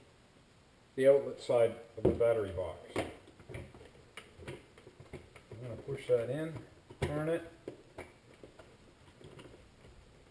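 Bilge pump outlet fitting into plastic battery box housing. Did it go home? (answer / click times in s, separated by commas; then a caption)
no / none. A bilge pump's outlet fitting is handled and twisted so it pops out the outlet side of a plastic battery box housing while someone talks. Several small knocks and taps sound between about 3.5 and 9.4 seconds. Nothing has seated or snapped into place yet.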